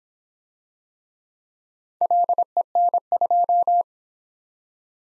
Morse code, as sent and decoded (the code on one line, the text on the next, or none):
.-.. . -. ..---
LEN2